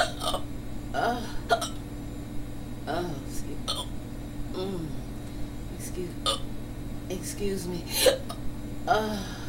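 An adult hiccuping repeatedly, with sharp, abrupt hiccup sounds at intervals.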